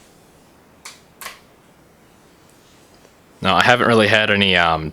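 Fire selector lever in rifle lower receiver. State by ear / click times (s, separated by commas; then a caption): seated / 0.9 s, 1.2 s. The fire selector lever in the lower receiver of an Aim Top G36C airsoft electric rifle is pressed all the way forward to full auto, giving two sharp clicks at 0.9 s and 1.2 s as its detent seats and locks into place. After a quiet gap, someone talks from about 3.4 s.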